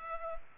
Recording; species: mosquito wingbeat signal from an infrared sensor; Culex pipiens